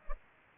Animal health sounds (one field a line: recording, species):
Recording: mosquito wingbeat signal from an infrared sensor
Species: Culex pipiens